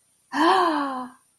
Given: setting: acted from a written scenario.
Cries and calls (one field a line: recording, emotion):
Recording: vocal sound without words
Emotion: positive surprise